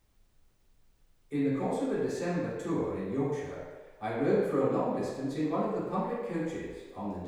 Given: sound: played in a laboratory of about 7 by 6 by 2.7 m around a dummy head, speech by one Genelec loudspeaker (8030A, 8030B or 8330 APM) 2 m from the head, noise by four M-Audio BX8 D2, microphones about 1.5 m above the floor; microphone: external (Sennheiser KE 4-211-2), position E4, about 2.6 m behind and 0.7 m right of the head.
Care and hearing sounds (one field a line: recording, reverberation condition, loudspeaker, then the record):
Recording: male speech in English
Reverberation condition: high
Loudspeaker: in front (0 degrees)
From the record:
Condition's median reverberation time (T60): about 1300 ms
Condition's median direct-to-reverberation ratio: about -4.0 dB